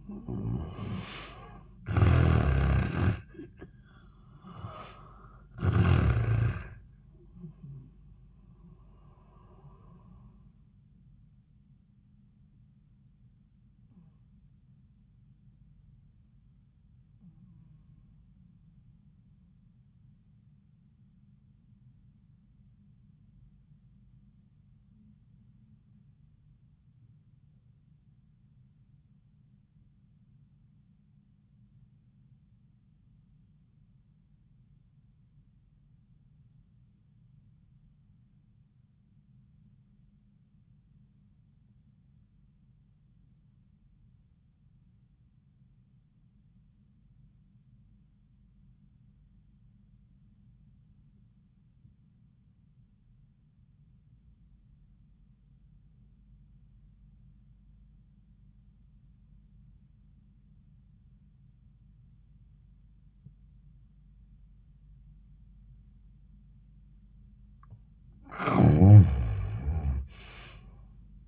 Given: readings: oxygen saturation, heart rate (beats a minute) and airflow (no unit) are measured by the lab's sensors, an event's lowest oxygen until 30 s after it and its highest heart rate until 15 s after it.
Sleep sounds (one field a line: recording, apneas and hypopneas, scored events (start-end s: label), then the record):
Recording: breathing in sleep by a smartphone at the bedside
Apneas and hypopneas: 1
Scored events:
13.00-65.90 s: obstructive apnea (N1, oxygen 96% highest, then 68% lowest, heart rate 70 at the start, 88 highest)
27.00-71.28 s: new sleep stage, REM sleep
From the record:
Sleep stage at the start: N1 (lightest sleep)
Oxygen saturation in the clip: 73 to 96%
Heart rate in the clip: 61 to 85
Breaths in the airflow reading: 3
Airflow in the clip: -12.2 to 6.5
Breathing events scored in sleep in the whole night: 400 in 8.7 hours asleep